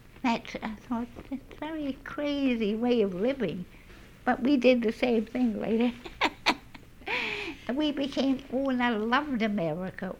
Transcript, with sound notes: I thought, "That's a very crazy way of living." But we did the same thing later. ( she laughs ) We became, oh, and I loved America.